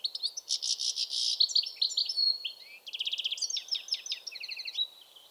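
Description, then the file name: European goldfinch giving a rich liquid twitter, buzzy rattles mixed with rapid tinkling trills and chirps, continuing almost without pause. "Carduelis carduelis"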